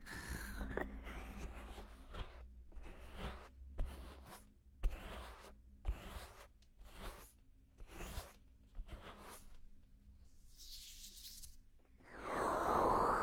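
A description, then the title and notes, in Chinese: Hands rub together gently, a series of soft dry swishes about once a second, ending in a brighter, louder rustle. 双手温柔摩擦。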